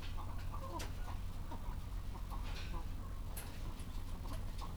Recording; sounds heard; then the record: poultry house recording; sick chickens (respiratory disease)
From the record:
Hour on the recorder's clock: 14